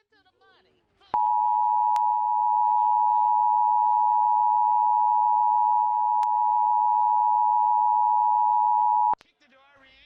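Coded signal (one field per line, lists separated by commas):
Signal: Emergency Alert System (SAME) tones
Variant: 853 and 960 Hz attention tone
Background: speech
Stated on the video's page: Two concurrent Hurricane Warning EAS activations on a Tampa TV station, generated by a DASDEC-II encoder.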